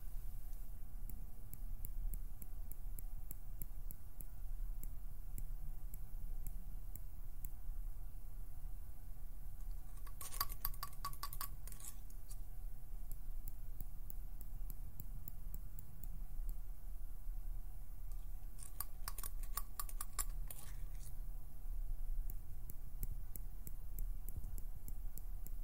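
Plucking, pinching and finger fluttering play over a steady low rumble that runs through the whole stretch. Two bursts of rapid, bright crackling flutter stand out, one around ten to twelve seconds and another around nineteen to twenty-one seconds, with faint ticks scattered between.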